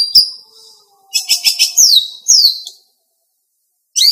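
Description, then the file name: Greater green leafbird song: a dense buzzy chattering burst, then two clear downslurred whistles and a brief final chirp. Female bird. "cucak ijo betina"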